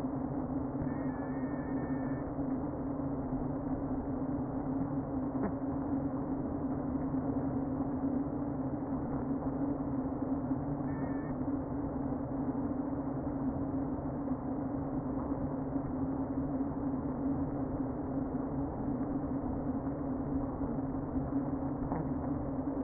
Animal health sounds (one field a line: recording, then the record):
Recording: honeybee colony, microphone inside the hive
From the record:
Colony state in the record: queen present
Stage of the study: before two queens were removed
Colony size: about 60,000 bees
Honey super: yes